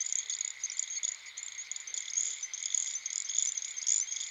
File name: dan-gibsons-solitudes little-grass-frog